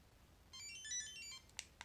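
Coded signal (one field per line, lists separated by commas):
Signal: pager alert tone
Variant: Apollo Gold pager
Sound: quick melodic run of about a dozen short beeping tones, then two clicks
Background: quiet room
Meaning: A page was received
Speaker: so let's go ahead and send a page and there we can see we've got a page that says por tu pac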